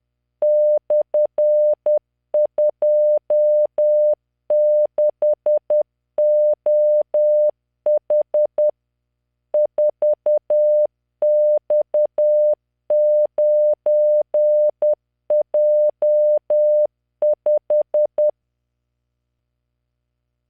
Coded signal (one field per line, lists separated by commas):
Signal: Morse code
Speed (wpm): 10 wpm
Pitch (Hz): 600 Hz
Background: none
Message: /26OH 4X9J5